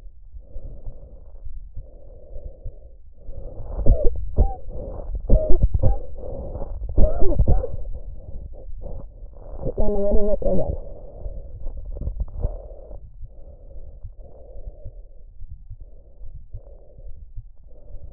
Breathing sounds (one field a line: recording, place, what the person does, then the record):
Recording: lung sounds by stethoscope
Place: trachea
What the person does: quiet breathing, then cough and speech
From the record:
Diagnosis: interstitial lung disease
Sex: female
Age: 60 years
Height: 154 cm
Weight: 68.1 kg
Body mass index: 28.7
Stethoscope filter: extended mode